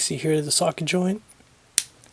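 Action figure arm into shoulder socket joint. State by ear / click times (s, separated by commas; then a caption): seated / 1.8 s. Someone talks while pushing the other arm of a Medicom Mafex The Joker (Cop Version) The Batman Dark Knight action figure onto its ball-and-socket shoulder joint. One loud, sharp snap comes at 1.8 s, followed by a faint tick. The arm is confirmed seated on the socket joint.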